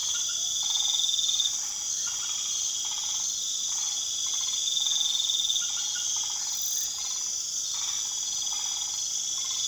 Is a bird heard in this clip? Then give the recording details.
no. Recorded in pastures near Puerto Asís, Putumayo, Colombia, on 21 March 2025 at 21:30. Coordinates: 0.487, -76.322. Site G077